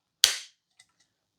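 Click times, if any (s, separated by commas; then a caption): 0.2 s. An ornate, decorative cap is pressed onto a perfume bottle and snaps into place with one sharp, loud click at 0.2 s, seating very securely. A brief bright decay follows, then two faint small ticks near 0.8 s and 1.0 s. No one talks.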